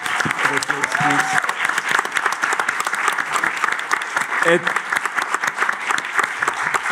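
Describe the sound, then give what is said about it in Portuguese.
An audience at a festival applauds steadily for the writer of a piece, a dense, even patter of many hands clapping for several seconds, with a couple of brief voices or cheers rising over the noise. “Até porque esta salva de palmas é o único pagamento que ela vai ter do festival.”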